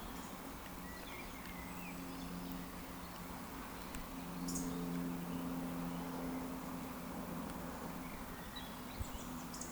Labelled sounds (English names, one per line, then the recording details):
Eurasian Woodcock whistle
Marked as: whistle, whistle, whistle
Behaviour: display flight
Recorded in Baden-Württemberg, Germany, on 14 June 2020 at 19:43 UTC
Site 14569, 102 m above sea level